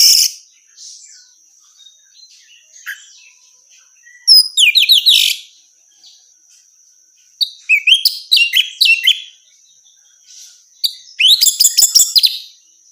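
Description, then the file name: Orange-headed thrush giving scattered high phrases of quick chirps and slurred whistles, separated by pauses. Female bird. "suara burung anis merah betina"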